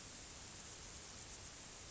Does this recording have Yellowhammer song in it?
no